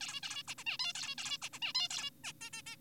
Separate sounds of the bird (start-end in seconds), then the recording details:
0.01-0.21, 0.23-0.43, 0.48-0.55, 0.58-0.64, 0.67-0.77, 0.79-0.93, 0.95-1.15, 1.18-1.38, 1.42-1.49, 1.53-1.59, 1.62-1.73, 1.75-1.89, 1.91-2.10, 2.24-2.33, 2.41-2.50, 2.53-2.62, 2.67-2.76. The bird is an adult. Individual g4p5U